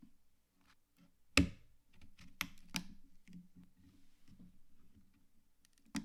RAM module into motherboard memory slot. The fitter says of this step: you want to hear it click into place